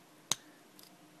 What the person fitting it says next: then you can hear the snapping sound that's awesome